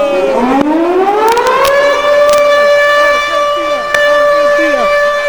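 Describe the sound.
A loud siren sound effect, played on a radio show for Animal Day, winds up from a low pitch to a high, steady wail and holds it, with a faint voice murmuring underneath.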